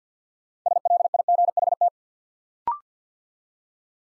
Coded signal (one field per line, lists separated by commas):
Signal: Morse code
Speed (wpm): 48 wpm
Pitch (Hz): 700 Hz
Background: none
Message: SLIGHT